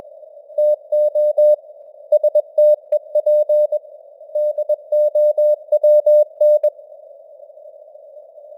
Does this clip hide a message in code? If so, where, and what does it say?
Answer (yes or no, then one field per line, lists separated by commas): yes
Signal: Morse code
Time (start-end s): 0.6-6.7 s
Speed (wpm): 21 wpm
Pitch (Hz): 600 Hz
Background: none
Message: TO STEP DOWN